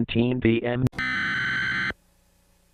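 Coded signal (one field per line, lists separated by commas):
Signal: Emergency Alert System (SAME) tones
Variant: header bursts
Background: speech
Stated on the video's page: Fictional EAS broadcast scenario.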